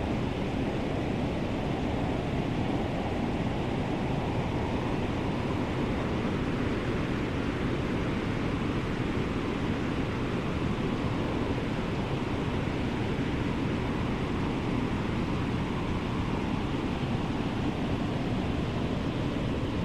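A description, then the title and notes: A heater's steady rushing hiss blends with a low, roaring wind that never lets up. The sound is dense and even from start to finish, heaviest in the low and middle range with a softer airy top, and no separate events stand out. White Noise Heater & Winter Wind Sounds.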